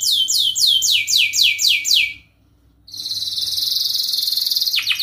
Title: Kenari Gacor Cengkok Isian Kenarigacor Kicaumania Kenari